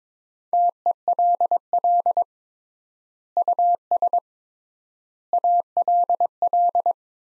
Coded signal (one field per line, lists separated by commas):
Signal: Morse code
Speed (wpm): 22 wpm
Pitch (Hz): 700 Hz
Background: none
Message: TELL US ALL